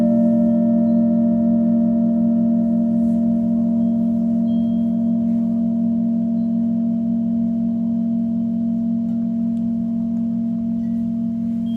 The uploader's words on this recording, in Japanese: メキシコから シンギングボウルのサウンドヒーリング ライブ。